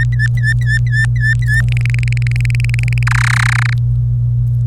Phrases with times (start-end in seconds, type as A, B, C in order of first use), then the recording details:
0.00-1.61 A, 1.68-3.03 B, 3.07-3.73 C. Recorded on 25 April 2018 at 16:42. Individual llb3